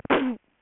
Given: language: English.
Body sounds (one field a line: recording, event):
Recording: throat vibration sensor signal played as sound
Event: cough